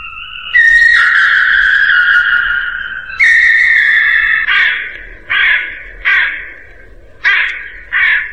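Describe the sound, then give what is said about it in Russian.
A crow above the roof of a house caws loudly with harsh, raspy calls: two long drawn-out caws, then a quicker run of five short, clipped ones in a rough rhythm, with no other sounds. “Кто это картавит над крышею дома? Ворона.”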